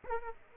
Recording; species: mosquito wingbeat signal from an infrared sensor; Aedes aegypti